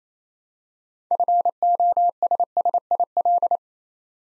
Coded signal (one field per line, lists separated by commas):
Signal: Morse code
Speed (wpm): 28 wpm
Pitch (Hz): 700 Hz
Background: none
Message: FOSSIL